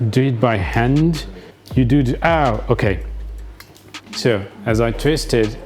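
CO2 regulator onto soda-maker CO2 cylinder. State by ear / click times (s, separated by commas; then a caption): seated / 3.6 s. A CO2 regulator is screwed by hand onto the top of a soda-maker CO2 cylinder while someone talks. As it is twisted, a sharp click is heard at 3.6 s during a quieter pause. The pressure gauge rises, showing the regulator is seated and the connection is made.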